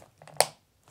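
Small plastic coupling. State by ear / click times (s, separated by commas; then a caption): seated / 0.4 s. A CPAP hose connector is pushed back onto the quick-release elbow of a Fisher & Paykel Vitera full face mask after being pulled off. Faint handling rustles at about 0.2–0.3 s lead to a single sharp plastic snap at 0.4 s as the coupling clicks home, followed by a brief decay. The hose is seated and locked into the mask elbow.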